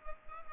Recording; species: mosquito wingbeat signal from an infrared sensor; Culex pipiens